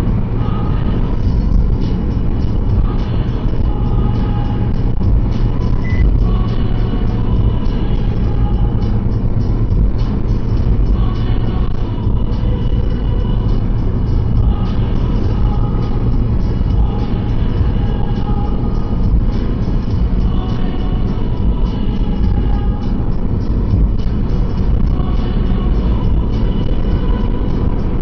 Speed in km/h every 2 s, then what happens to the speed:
115, 114, 114, 112, 112, 112, 112, 114, 114, 114, 115, 116, 117, 117.
0-28 steady at about 114.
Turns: none.